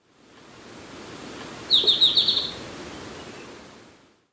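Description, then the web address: Golden-faced tyrannulet giving a brief rapid run of several high, piercing notes against a constant hiss. Recorded in Ecuador. "Natures Songs S America Birds of Ecuador Golden-faced Tyrannulet"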